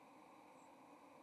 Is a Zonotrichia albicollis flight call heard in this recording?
no